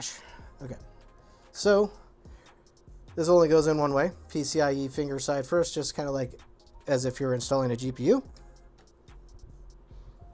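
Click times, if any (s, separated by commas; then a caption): none. A PCIe riser cable is turned around and its PCIe finger end is lined up over the motherboard PCIe slot before being pushed in. Someone talks through most of the clip, with only small, faint handling noises between and after the speech. Nothing has seated or clicked yet.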